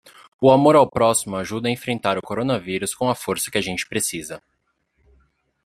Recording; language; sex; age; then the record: spoken sentence; Brazilian Portuguese; male; 18 to 19 years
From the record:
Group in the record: control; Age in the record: 19 years